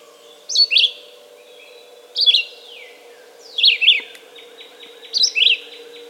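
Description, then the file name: Red-eyed vireo delivering four short, varied warbled phrases at steady intervals, each a quick chirpy slur, against a soft droning background. "red-eyed vireo song by jonathon jongsma"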